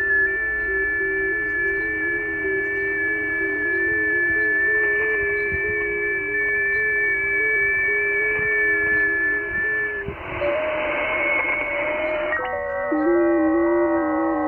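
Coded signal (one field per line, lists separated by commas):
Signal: FT8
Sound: many overlapping faint warbling tones, a burst of hiss, then fresh tones start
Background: radio static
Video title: KHΦN, Mariana Is., Pacific Ocean, OC-086, 7MHz, FT8, Worked by HL2WA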